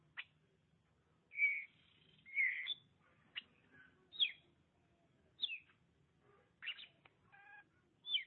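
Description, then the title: Oriental magpie-robin singing a varied string of whistled phrases, with slurred downward notes, warbled bursts and a short stuttering series of notes near the end. "Suara Kicauan Burung Kacer"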